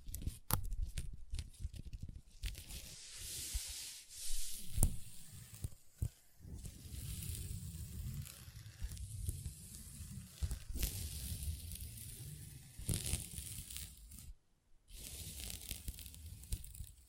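Long nails scratch and tap on a table, a dense, hissy scraping that runs almost without pause and swells and fades in uneven strokes. Sharp clicking taps cut through now and then, with a brief hush near the fourteen-second mark.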